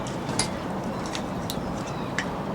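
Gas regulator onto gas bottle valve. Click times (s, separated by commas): 0.4 s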